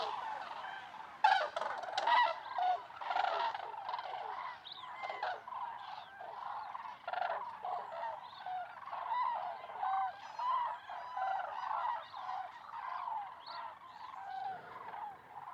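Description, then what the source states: Common crane flock calling, a dense chorus of loud rolling trumpeting calls overlapping continuously, with stronger bursts rising and falling throughout. Flock on migration stopover, Lac du Der reservoirs, eastern France, November; over 200,000 birds counted; some winter there; stereo, Nagra Seven and MKH8020.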